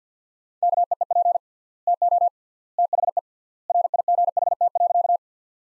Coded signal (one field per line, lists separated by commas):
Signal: Morse code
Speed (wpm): 50 wpm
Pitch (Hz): 700 Hz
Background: none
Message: KEEP TO THE RIGHT.